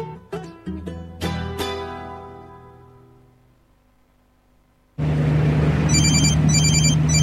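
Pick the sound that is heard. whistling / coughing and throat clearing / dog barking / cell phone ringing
cell phone ringing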